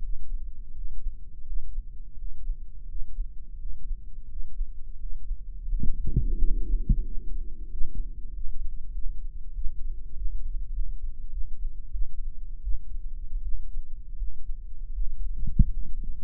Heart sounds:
heart sounds by microphone in the right ear; 88 bpm
0.70 s: heartbeat
1.42 s: heartbeat
2.13 s: heartbeat
2.84 s: heartbeat
3.55 s: heartbeat
4.25 s: heartbeat
4.94 s: heartbeat
5.65 s: heartbeat
6.34 s: heartbeat
7.02 s: heartbeat
7.68 s: heartbeat
8.31 s: heartbeat
8.91 s: heartbeat
9.52 s: heartbeat
10.13 s: heartbeat
10.70 s: heartbeat
11.28 s: heartbeat
11.89 s: heartbeat
12.60 s: heartbeat
13.40 s: heartbeat
14.15 s: heartbeat
14.91 s: heartbeat
15.67 s: heartbeat
From the record:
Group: healthy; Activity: breath hold 0-5 s, rest 5-16 s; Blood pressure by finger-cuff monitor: 123/87 mmHg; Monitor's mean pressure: 99 mmHg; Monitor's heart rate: 85 bpm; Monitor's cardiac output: 6.2 L/min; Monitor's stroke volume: 70 mL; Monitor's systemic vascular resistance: 1160 dyn s/cm5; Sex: male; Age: 21 years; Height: 180 cm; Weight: 67.5 kg

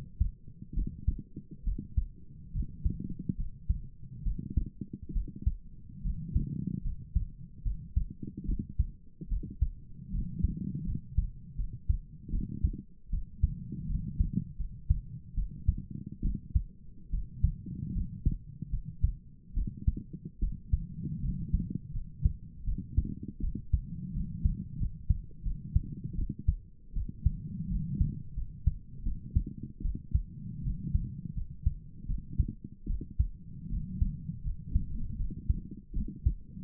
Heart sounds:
heart sounds by stethoscope; 77 bpm
0.75 s: heartbeat
1.65 s: heartbeat
2.53 s: heartbeat
3.37 s: heartbeat
4.24 s: heartbeat
5.14 s: heartbeat
6.03 s: heartbeat
6.84 s: heartbeat
7.64 s: heartbeat
8.46 s: heartbeat
9.29 s: heartbeat
10.12 s: heartbeat
10.86 s: heartbeat
11.57 s: heartbeat
12.31 s: heartbeat
13.11 s: heartbeat
13.88 s: heartbeat
14.58 s: heartbeat
15.35 s: heartbeat
16.23 s: heartbeat
17.11 s: heartbeat
17.94 s: heartbeat
18.71 s: heartbeat
19.55 s: heartbeat
20.40 s: heartbeat
21.22 s: heartbeat
21.93 s: heartbeat
22.65 s: heartbeat
23.41 s: heartbeat
24.13 s: heartbeat
24.79 s: heartbeat
25.44 s: heartbeat
26.16 s: heartbeat
26.94 s: heartbeat
27.69 s: heartbeat
28.36 s: heartbeat
29.04 s: heartbeat
29.83 s: heartbeat
30.63 s: heartbeat
31.35 s: heartbeat
32.07 s: heartbeat
32.88 s: heartbeat
33.70 s: heartbeat
34.44 s: heartbeat
35.18 s: heartbeat
35.94 s: heartbeat
From the record:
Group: healthy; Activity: rest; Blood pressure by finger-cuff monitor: 132/67 mmHg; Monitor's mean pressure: 84 mmHg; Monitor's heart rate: 75 bpm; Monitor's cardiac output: 7.2 L/min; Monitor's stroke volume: 96 mL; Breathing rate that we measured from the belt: 18 breaths a minute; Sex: female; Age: 22 years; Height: 160 cm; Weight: 63 kg

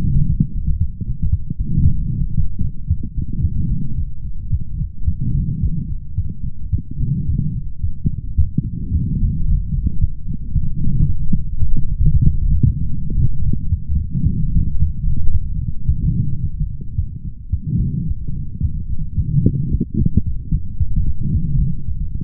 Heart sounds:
heart sounds by stethoscope; 111 bpm
0.27 s: heartbeat
0.79 s: heartbeat
1.30 s: heartbeat
1.83 s: heartbeat
2.35 s: heartbeat
2.88 s: heartbeat
3.42 s: heartbeat
3.96 s: heartbeat
4.51 s: heartbeat
5.06 s: heartbeat
5.61 s: heartbeat
6.15 s: heartbeat
6.71 s: heartbeat
7.26 s: heartbeat
7.81 s: heartbeat
8.36 s: heartbeat
8.92 s: heartbeat
9.46 s: heartbeat
10.00 s: heartbeat
10.53 s: heartbeat
11.06 s: heartbeat
11.59 s: heartbeat
12.12 s: heartbeat
12.64 s: heartbeat
13.17 s: heartbeat
13.70 s: heartbeat
14.24 s: heartbeat
14.78 s: heartbeat
15.32 s: heartbeat
15.87 s: heartbeat
16.41 s: heartbeat
16.96 s: heartbeat
17.51 s: heartbeat
18.06 s: heartbeat
18.61 s: heartbeat
19.16 s: heartbeat
19.70 s: heartbeat
20.24 s: heartbeat
20.78 s: heartbeat
21.32 s: heartbeat
21.86 s: heartbeat
From the record:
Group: healthy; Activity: light exercise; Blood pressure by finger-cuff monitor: 114/80 mmHg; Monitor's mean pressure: 91 mmHg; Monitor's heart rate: 111 bpm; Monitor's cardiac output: 8.4 L/min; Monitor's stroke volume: 75 mL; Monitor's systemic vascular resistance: 810 dyn s/cm5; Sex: male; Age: 20 years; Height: 187 cm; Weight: 68.9 kg

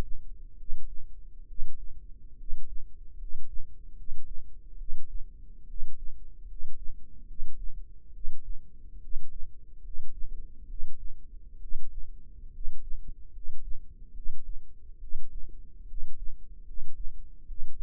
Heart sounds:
heart sounds by microphone in the left ear; 71 bpm
0.54 s: heartbeat
1.44 s: heartbeat
2.34 s: heartbeat
3.14 s: heartbeat
3.92 s: heartbeat
4.74 s: heartbeat
5.64 s: heartbeat
6.44 s: heartbeat
7.23 s: heartbeat
8.09 s: heartbeat
8.98 s: heartbeat
9.79 s: heartbeat
10.64 s: heartbeat
11.57 s: heartbeat
12.49 s: heartbeat
13.29 s: heartbeat
14.10 s: heartbeat
14.97 s: heartbeat
15.84 s: heartbeat
16.62 s: heartbeat
17.44 s: heartbeat
From the record:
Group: healthy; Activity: rest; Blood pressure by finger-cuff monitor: 103/59 mmHg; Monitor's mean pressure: 68 mmHg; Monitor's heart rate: 72 bpm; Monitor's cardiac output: 7.5 L/min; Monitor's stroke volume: 106 mL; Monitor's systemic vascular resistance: 640 dyn s/cm5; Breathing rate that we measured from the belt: 18 breaths a minute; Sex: male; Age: 22 years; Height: 185 cm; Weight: 112.4 kg

